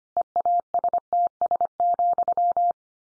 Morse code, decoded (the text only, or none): EASTS,